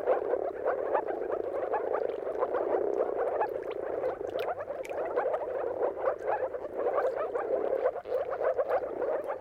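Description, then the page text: Many moor frogs calling together, soft bubbling yelps blending into a continuous, even chorus. Mating calls of a moor frog chorus at sunrise, at the turn of March and April depending on the weather; recorded by Jakub Orzecki. "Dawn’s Chorus: Mating Calls of Marsh Frogs at Sunrise. Depending on the weather at the turn of March and April, you can witness an amazing spectacle of moor frogs. Jakub Orzecki. earth.fm"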